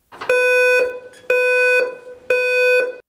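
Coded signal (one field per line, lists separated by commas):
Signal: alarm pattern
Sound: three harsh buzzy horn tones, each half a second, with half-second gaps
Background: room echo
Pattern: temporal three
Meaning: Temporal-three evacuation signal: leave the building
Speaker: For example, if it's a simplex system, it probably plays a tone something like this.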